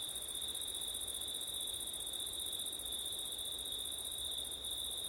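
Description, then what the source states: Cricket chorus of continuous high trills, evenly sustained throughout, with soft wind noise below. Crickets at night in September, with wind; ORTF microphone setup.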